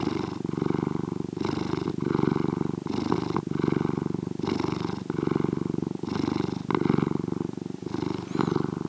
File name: CAT PURR